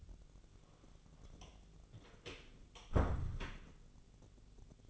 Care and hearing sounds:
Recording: daily activity, microphone in the room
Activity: close door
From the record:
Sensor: 4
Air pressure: 1001.2 hPa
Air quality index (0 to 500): 182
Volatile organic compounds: 2 ppm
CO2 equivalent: 1306 ppm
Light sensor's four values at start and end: 15/33/14/14 and 17/39/16/16

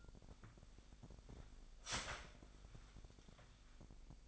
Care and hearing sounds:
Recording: daily activity, microphone in the room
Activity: start toaster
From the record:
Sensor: 5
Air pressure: 1002.0 hPa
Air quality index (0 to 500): 202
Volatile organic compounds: 18 ppm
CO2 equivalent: 2610 ppm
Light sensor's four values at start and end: 35/111/42/45 and 35/110/42/45

